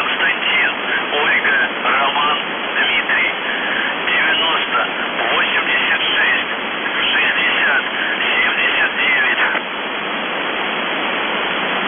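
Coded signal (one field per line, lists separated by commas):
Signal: numbers station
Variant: UVB-76, Russian voice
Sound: a faint male voice reading a message through heavy static, then only hiss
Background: radio static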